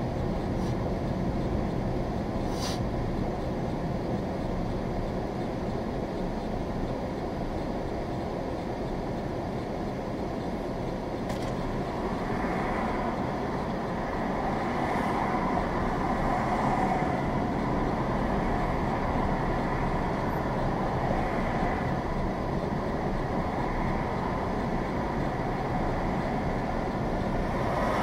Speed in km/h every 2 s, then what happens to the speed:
26, 21, 15, 11, 10, 10, 8, 10, 15, 18, 16, 16, 15, 13.
0-7 slows to 10. 7-13 steady at about 10. 13-17 speeds up to 18.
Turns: none.